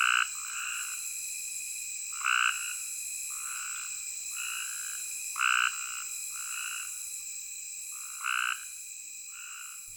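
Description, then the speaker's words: Cope's gray tree frogs calling in quick harsh buzzy trills, several frogs taking turns, the loudest repeating every few seconds, with a continuous shrill insect background. Small group calling at night from thick vegetation in a dry ditch near a prairie campground close to the Kansas border, late summer, outside breeding season, sounding almost the same as at breeding ponds. "Not far down the road from the campground, I discover a small group of Cope's gray tree frogs sounding off from thick vegetation in a dry ditch."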